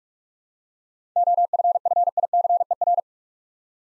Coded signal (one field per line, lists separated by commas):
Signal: Morse code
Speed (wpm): 45 wpm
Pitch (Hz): 700 Hz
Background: none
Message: OFFICER